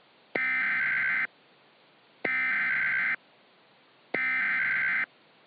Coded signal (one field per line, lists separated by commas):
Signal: Emergency Alert System (SAME) tones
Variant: header bursts